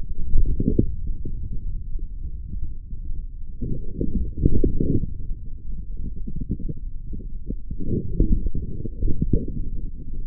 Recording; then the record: forearm muscle sounds (acoustic myography)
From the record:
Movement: forearm pronation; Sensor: system 3, bracelet of six PUI Audio POM-2738L microphones around the upper forearm, with dedicated amplification and filtering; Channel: 1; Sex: male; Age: 25 years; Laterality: right